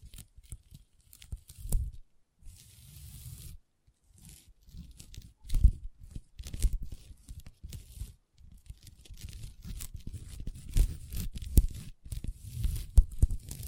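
Long nails tap and scratch a table in irregular bursts of dry, scraping rasps and sharp clicks, with brief silent pauses between flurries.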